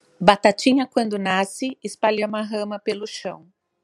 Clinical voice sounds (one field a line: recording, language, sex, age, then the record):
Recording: short text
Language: Brazilian Portuguese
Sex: female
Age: 50 to 59 years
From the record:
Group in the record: control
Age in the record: 53 years